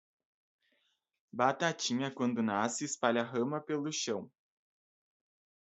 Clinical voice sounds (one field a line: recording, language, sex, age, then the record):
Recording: short text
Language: Brazilian Portuguese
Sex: male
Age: 20 to 29 years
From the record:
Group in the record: control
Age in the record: 24 years